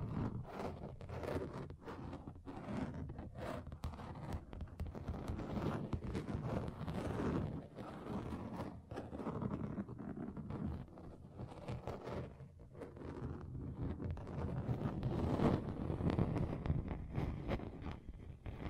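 Scratching on a table, a continuous rough rasping that keeps going for the whole stretch with no real pauses. The sound sits mostly low and middle, with frequent short brighter scrapes cutting through. It swells slightly louder toward the end.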